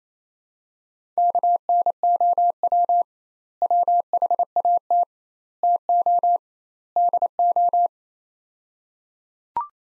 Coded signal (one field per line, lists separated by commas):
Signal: Morse code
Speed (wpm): 28 wpm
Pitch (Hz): 700 Hz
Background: none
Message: KNOW WHAT TO DO